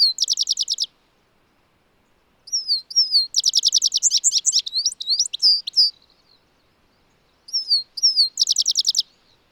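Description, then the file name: European goldfinch calls, bright high twittering bursts of rapid chirps with liquid slurred notes, in three bouts separated by short pauses. "Carduelis carduelis"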